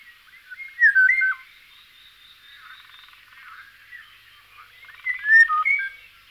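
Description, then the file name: Eurasian golden oriole song: two loud, fluty whistled phrases with swooping, yodel-like notes about four seconds apart, over soft chatter from other birds. "kosmos 93 pirol"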